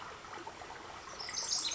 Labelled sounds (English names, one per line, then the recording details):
Pacific Wren
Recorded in Sonoma County, California